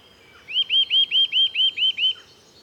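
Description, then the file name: Eurasian nuthatch delivering a rapid run of eight clear, arched whistles, each rising then dropping, evenly spaced at roughly five per second. "Sitta europaea"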